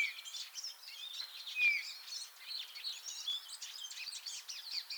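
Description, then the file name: Eurasian bullfinch calls: a couple of soft, descending whistles over a busy chorus of higher-pitched chirping birds. "Pyrrhula pyrrhula"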